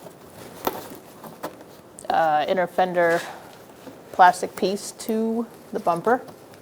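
The plastic inner fender liner of a 2012-2017 Hyundai Accent is handled and pushed from underneath against the new plastic front bumper cover, with sharp knocks around 0.7 s and 2.1 s while someone talks. Nothing has seated or snapped into place yet.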